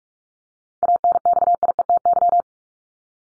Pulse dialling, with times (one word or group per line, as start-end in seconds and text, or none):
none